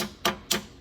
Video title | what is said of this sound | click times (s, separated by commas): 1997 - 2005 VW (Volkswagen) B5.5 PASSAT Estate TOW BAR Install | There you go, there's that little click. | 0.2 s, 0.5 s